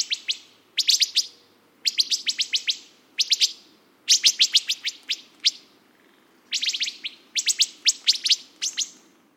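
Wood thrush calls: sharp, high pit notes in quick clusters of several, repeated irregularly throughout.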